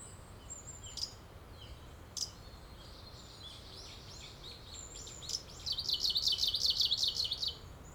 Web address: bird song oomusikui